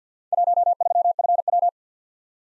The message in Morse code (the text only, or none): 13FW